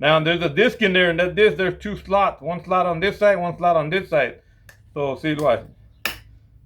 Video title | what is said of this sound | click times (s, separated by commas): How to Remove Stihl Trimmer Head FS 56 RC | It caught there. | 6.1 s